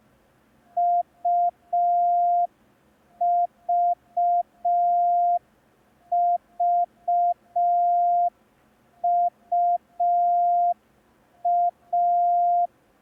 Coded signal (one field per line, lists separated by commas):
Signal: Morse code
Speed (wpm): 5 wpm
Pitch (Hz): 700 Hz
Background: none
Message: UVVUA